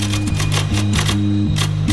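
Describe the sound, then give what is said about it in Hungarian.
Someone dials a written-down phone number, pressing telephone keypad buttons in quick succession, each sharp click paired with a steady electronic tone that shifts pitch from one press to the next, with no talking. “Lázasan megnyomta a gombokat, ezt különös figyelemmel tette.”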